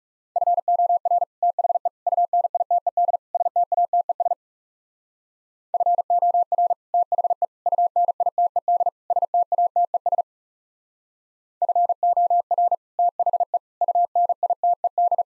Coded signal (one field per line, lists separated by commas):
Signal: Morse code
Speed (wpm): 40 wpm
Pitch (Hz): 700 Hz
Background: none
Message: FOR THE UNITED STATES FOR THE UNITED STATES FOR THE UNITED